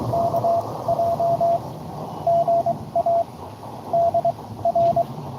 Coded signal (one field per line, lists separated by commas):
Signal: Morse code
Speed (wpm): 23 wpm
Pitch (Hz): 700 Hz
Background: radio noise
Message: KJ GA DR